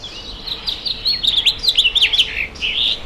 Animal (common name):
House Finch